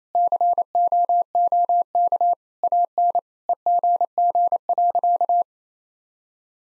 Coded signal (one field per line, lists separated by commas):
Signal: Morse code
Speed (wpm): 28 wpm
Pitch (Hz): 700 Hz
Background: none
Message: COOK AN EGG.